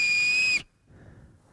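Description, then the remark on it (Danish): A shrill, steady whistle blown through a maple seed, during Japanese forest bathing in Boserup Skov, Denmark, holds one high pitch with a faint overtone for about half a second, then cuts off abruptly, leaving quiet background hiss. “Det er jo ligesom, man kan med et græsstrå.”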